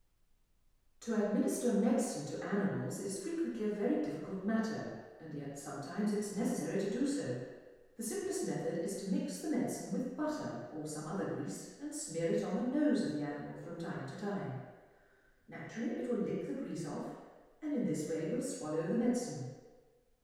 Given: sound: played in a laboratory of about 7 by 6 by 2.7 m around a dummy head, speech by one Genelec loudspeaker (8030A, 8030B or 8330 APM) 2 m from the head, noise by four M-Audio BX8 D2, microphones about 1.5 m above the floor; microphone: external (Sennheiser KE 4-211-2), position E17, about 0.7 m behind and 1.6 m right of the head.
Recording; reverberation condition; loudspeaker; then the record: female speech in English; high; 150 degrees to the left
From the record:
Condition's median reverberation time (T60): about 1300 ms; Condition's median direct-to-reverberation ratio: about -4.0 dB